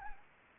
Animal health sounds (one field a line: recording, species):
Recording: mosquito wingbeat signal from an infrared sensor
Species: Anopheles gambiae